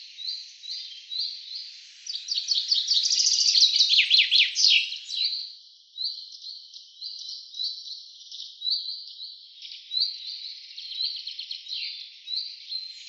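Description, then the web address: Common chaffinch song: a loud cascading trill that drops in pitch and ends with a flourish, followed by a steady run of short high repeated notes. "cianscape birddata Deverinetal 2025 File cleaned normalized Bird Fr Co"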